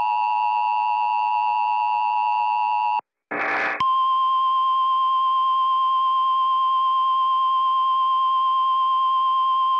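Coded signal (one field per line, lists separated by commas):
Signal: Emergency Alert System (SAME) tones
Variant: 853 and 960 Hz attention tone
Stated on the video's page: Fictional SAME alert from an unfinished scenario, with sirens.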